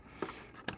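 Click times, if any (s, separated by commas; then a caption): 0.7 s. A front control knob on a Behringer Reference A800 power amplifier, not fully on, is pressed back onto its control shaft. A softer knock at 0.2 s is followed by a sharp click at 0.7 s as the knob snaps into place, seated.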